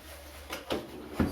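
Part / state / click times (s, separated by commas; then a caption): wheel onto pressure washer frame / seated / 0.7 s. A second plastic wheel is pressed onto the body of a pressure washer and clips into place, with a sharp click at 0.7 s. A softer tap comes just before at 0.5 s, and another knock follows at 1.2 s. The wheel is seated.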